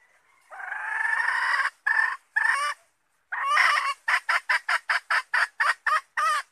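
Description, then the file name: Red junglefowl hen: a long nasal note and two short ones, a pause, then another long note leading into a fast run of clipped notes. Female (hen) wild junglefowl calling to find a mate. "tieng ga rung mai keu tim kiem ban tinh"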